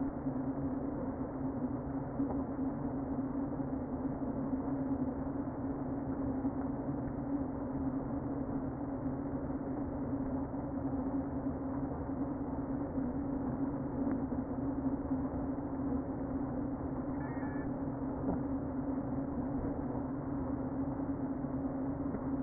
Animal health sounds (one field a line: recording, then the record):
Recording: honeybee colony, microphone inside the hive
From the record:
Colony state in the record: queen present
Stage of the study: before two queens were removed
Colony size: about 60,000 bees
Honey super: yes